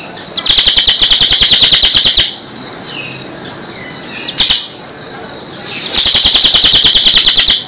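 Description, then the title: Bird singing rapid high chattering trills in long bursts of about two seconds, a brief burst midway, then another long trill after a quiet gap. "Kicau Burung Yoi"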